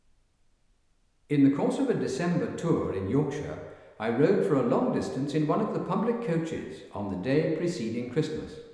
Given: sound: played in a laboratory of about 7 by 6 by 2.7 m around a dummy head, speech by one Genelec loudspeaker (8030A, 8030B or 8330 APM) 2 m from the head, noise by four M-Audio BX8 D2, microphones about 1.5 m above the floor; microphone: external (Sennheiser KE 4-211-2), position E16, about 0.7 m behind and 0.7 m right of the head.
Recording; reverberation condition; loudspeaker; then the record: male speech in English; high; 120 degrees to the right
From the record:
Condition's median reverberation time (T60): about 1300 ms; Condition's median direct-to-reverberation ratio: about -4.0 dB